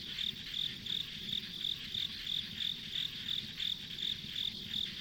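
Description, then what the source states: Insects chirping: a steady high-pitched pulse train, about three chirps per second, over a continuous shrill hum and low rumbling background. Insects as ambient sound on a rural country road.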